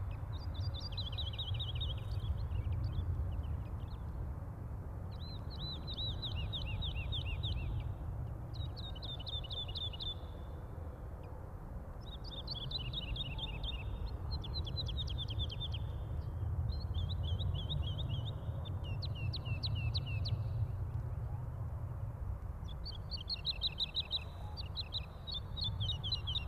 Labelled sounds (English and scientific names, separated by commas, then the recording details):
Wood Lark (Lullula arborea) song
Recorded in the wild
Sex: male
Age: adult
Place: Schönow, Naturpark Barnim, Brandenburg, DE
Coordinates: 52.6815, 13.501
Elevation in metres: 63
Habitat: meadow
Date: 2014-03-02
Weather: sunny, 2-3°C, almost no wind
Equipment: Sound Devices 702, Sennheiser MKH 70, Rycote Windschutz
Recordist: Frommolt, Karl-Heinz